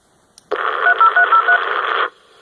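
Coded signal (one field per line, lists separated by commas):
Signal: DTMF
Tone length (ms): 100 ms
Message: 30303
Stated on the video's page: Baofeng radio PTT ID feature sending DTMF on transmit.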